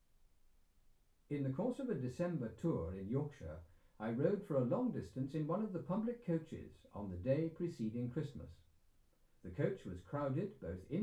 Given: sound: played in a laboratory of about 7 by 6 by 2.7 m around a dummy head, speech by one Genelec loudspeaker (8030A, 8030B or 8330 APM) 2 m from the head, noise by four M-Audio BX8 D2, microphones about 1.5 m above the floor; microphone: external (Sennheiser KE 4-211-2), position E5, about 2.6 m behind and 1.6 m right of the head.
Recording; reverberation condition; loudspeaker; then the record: male speech in English; low; 150 degrees to the right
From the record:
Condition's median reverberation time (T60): about 310 ms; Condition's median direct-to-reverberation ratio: about 3.5 dB